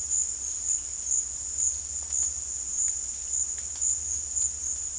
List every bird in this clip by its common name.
none